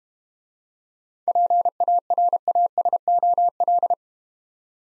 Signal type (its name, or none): Morse code